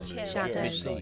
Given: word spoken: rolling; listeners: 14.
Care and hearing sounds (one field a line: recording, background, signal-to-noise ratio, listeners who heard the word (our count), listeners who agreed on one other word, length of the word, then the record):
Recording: one English word in noise, from a listening test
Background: four-talker babble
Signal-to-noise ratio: -2.2 dB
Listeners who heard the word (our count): 0 of 14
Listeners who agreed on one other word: 13 of 14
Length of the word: 0.62 s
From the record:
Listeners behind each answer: 13, 1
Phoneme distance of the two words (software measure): 45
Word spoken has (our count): 2 syllables, 5 phonemes, stress on syllable 1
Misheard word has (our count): 2 syllables, 4 phonemes, stress on syllable 1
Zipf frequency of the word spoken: 4.50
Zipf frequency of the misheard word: 4.49